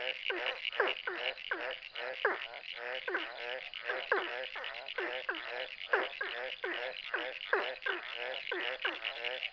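Ornate burrowing frog calling in quick, overlapping downward-sliding notes, several callers forming a dense pulsing chorus with a constant high trill behind.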